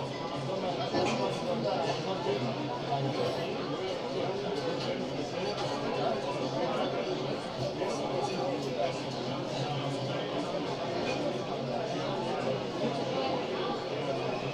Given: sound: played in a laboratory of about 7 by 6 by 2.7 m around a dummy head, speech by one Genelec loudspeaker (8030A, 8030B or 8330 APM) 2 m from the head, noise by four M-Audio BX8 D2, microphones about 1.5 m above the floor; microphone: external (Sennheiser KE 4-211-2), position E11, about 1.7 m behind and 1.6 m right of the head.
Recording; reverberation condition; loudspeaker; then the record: cafeteria noise; low; four, about 170 cm from the corners of the room and facing them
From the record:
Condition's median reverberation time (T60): about 310 ms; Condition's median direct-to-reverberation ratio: about 3.5 dB